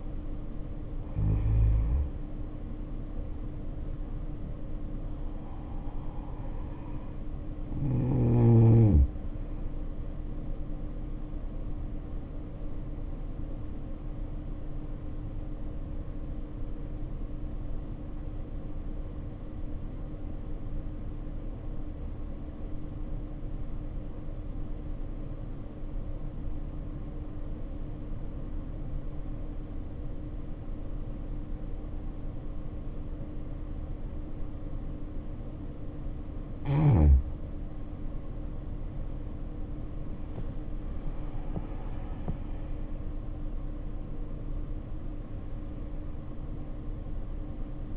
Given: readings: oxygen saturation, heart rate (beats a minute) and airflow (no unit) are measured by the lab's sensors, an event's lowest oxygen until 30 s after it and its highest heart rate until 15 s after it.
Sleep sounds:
breathing in sleep by a smartphone at the bedside; 1
17.00-37.30 s: obstructive apnea (N1, oxygen 96% highest, then 74% lowest, heart rate 58 at the start, 77 highest)
From the record:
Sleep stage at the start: N1 (lightest sleep); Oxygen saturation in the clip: 77 to 96%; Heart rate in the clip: 58 to 77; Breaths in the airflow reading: 5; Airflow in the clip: -8.5 to 8.6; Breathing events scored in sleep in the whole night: 520 in 7.2 hours asleep

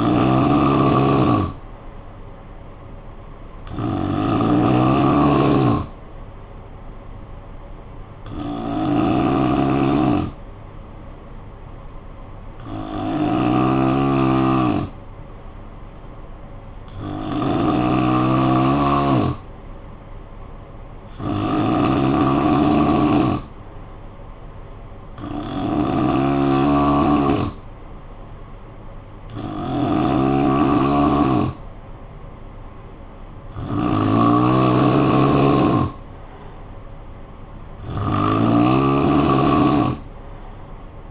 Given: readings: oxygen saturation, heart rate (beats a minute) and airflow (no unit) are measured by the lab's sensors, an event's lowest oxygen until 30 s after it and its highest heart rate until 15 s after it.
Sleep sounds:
breathing in sleep by a smartphone at the bedside; 1
11.00-23.00 s: hypopnea (N3, oxygen 93% highest, then 89% lowest, heart rate 52 at the start, 58 highest)
From the record:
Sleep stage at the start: N3 (deep sleep); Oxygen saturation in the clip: 90 to 93%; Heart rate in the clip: 52 to 58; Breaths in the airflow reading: 10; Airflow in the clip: -8.6 to 4.5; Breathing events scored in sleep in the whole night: 445 in 7.6 hours asleep

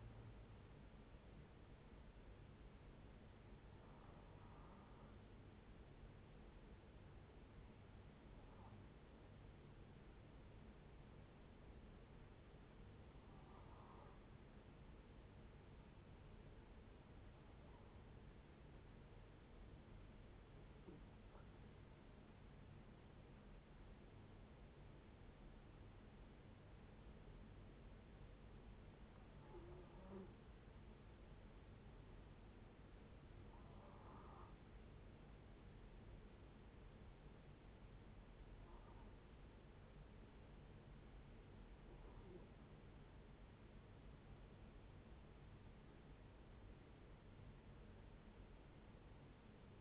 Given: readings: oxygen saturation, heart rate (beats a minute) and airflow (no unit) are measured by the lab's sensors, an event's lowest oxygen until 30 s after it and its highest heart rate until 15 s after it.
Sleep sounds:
breathing in sleep by a voice recorder at the bedside; 2
5.00-21.00 s: hypopnea (N1, oxygen 93% highest, then 86% lowest)
5.00-35.00 s: new sleep stage, N2 (light sleep)
33.00-45.20 s: hypopnea (N2, oxygen 93% highest, then 89% lowest)
35.00-49.81 s: new sleep stage, N1 (lightest sleep)
From the record:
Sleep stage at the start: N1 (lightest sleep); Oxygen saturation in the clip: 86 to 93%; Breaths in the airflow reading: 11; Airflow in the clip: -5.3 to 6.9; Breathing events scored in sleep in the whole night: 496 in 5.4 hours asleep

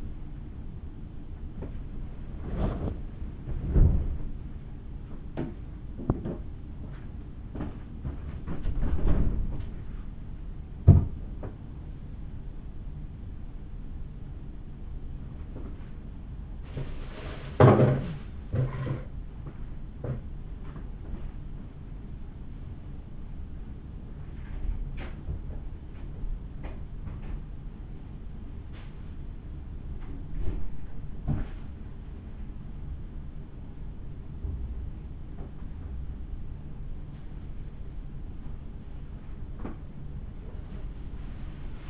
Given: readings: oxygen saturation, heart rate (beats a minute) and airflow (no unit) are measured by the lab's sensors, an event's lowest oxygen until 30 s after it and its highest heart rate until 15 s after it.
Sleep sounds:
a person awake in a sleep study, by a smartphone at the bedside; none
0.00-41.90 s: awake
From the record:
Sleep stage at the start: awake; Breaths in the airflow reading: 12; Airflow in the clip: -0.7 to 0.7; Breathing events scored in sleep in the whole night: 216 in 7.0 hours asleep

